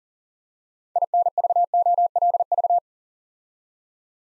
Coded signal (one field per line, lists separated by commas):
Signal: Morse code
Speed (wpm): 38 wpm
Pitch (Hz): 700 Hz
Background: none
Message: INVOLV